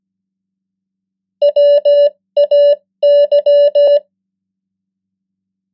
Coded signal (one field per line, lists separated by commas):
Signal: Morse code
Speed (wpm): 17 wpm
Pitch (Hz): 580 Hz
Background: none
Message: WAY